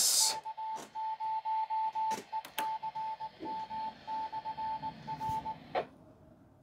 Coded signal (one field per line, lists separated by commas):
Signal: Morse code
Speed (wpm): 19 wpm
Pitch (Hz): 880 Hz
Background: radio noise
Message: K0ECM/R